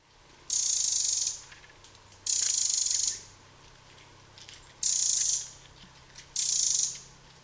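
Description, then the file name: Eurasian wren calls: four harsh, hissing high-pitched bursts, each lasting under a second, over a quiet background. "Troglodytes troglodytes"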